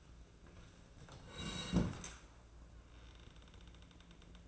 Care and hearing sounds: daily activity, microphone in the room; sit down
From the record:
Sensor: 2

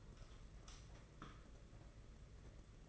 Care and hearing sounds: daily activity, microphone in the room; light on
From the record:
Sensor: 4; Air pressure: 992.7 hPa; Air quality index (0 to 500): 172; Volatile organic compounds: 293 ppm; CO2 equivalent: 4465 ppm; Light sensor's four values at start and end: 4/8/3/3 and 4/10/4/4

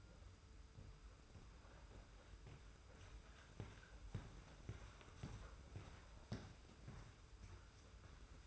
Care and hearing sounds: daily activity, microphone in the room; walk to room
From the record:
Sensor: 2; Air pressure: 991.0 hPa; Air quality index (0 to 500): 111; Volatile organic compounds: 52 ppm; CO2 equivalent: 3328 ppm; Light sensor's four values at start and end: 34/101/40/38 and 32/97/38/36

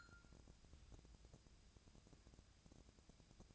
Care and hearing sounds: daily activity, microphone in the room; take from stove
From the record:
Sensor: 2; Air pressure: 999.8 hPa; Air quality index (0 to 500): 123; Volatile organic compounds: 2 ppm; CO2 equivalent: 1064 ppm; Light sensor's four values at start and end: 36/88/39/43 and 36/88/39/44

